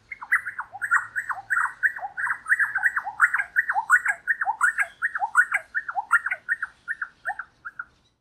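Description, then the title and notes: Wren song: a quick run of many short sweeping whistled notes on a steady pitch, with faint high ticks above. "Cucarachero II by Kellyn Parra Garcia"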